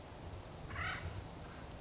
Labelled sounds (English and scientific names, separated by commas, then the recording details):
Acorn Woodpecker (Melanerpes formicivorus)
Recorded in Sonoma County, California